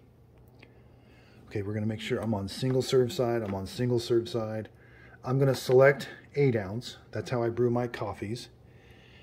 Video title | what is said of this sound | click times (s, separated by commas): HAMILTON BEACH FlexBrew 2 Way Coffee Maker K Cup COMPARISON 2017 VS NEW 2021 MODEL | your cake up in you're just going to press it down snap it down until it snaps okay | 0.4 s, 0.6 s